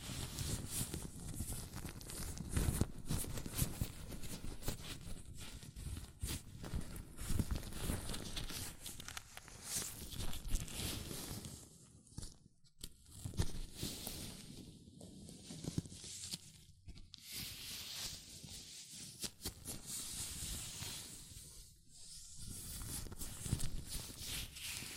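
Hands in latex gloves rub and squeak through a dense, crackly stream of rustling and small snaps. The texture runs steady for the first half, then breaks into bursts with short near-silent gaps around 12, 15, 17 and 22 seconds.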